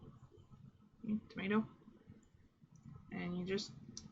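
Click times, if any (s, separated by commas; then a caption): none. A small plastic snap-fit tomato piece is handled against a plastic model kit assembly while someone talks, with light handling noises throughout. The clip ends before the part goes home, and nothing has seated or clicked yet.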